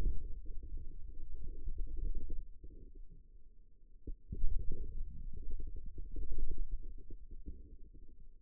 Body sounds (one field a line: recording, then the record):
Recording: forearm muscle sounds (acoustic myography)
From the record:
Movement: wrist extension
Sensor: system 2, bracelet of six BSWA MPA416 microphones around the upper forearm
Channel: 3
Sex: male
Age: 22 years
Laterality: right